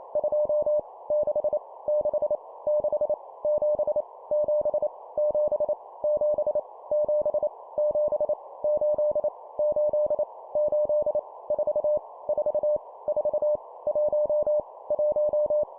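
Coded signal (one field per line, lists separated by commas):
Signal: Morse code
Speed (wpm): 28 wpm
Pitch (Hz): 600 Hz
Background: none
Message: 2 6 6 6 7 7 7 7 7 7 8 8 8 4 4 4 1 1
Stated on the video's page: Morse practice at 25 wpm, random numbers each repeated three times.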